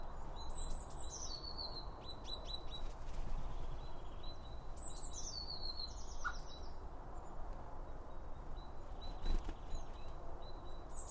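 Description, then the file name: Bird: several bursts of high, rapid bird chirps and sliding whistles come and go over constant low background noise, with occasional faint clicks. Around a bird feeder; recorded with two Line Audio OM 1. "Birds Around Birdfeeding With Two Om 1 From Line Audio"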